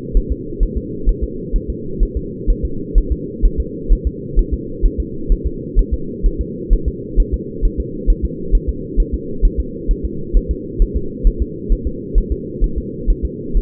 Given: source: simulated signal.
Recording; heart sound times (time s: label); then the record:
fetal heart sounds
0.17 s: S1
0.32 s: S2
0.63 s: S1
0.77 s: S2
1.09 s: S1
1.24 s: S2
1.56 s: S1
1.70 s: S2
2.03 s: S1
2.17 s: S2
2.50 s: S1
2.65 s: S2
2.98 s: S1
3.12 s: S2
3.45 s: S1
3.60 s: S2
3.93 s: S1
4.07 s: S2
4.39 s: S1
4.53 s: S2
4.86 s: S1
5.00 s: S2
5.32 s: S1
5.47 s: S2
5.79 s: S1
5.94 s: S2
6.26 s: S1
6.41 s: S2
6.73 s: S1
6.88 s: S2
7.20 s: S1
7.34 s: S2
7.65 s: S1
7.80 s: S2
8.10 s: S1
8.25 s: S2
8.55 s: S1
8.69 s: S2
9.00 s: S1
9.14 s: S2
9.45 s: S1
9.60 s: S2
9.91 s: S1
10.05 s: S2
10.37 s: S1
10.51 s: S2
10.82 s: S1
10.96 s: S2
11.27 s: S1
11.42 s: S2
11.72 s: S1
11.87 s: S2
12.18 s: S1
12.32 s: S2
12.64 s: S1
12.78 s: S2
13.10 s: S1
13.25 s: S2
13.57 s: S1
From the record:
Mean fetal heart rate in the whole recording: 130 bpm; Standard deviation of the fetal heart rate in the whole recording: 4 bpm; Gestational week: 38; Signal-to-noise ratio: -4.3 dB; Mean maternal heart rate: 72 bpm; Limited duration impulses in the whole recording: absent